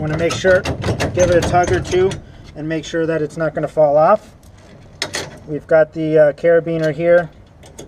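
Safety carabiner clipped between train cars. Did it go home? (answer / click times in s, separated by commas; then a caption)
no / none. Someone talks while handling a metal safety carabiner clipped between the cars of a trackless train, with brief sharp handling sounds around 5.0 s. Nothing has seated or clicked yet by the end of the clip.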